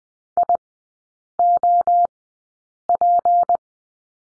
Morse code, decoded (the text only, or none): IOP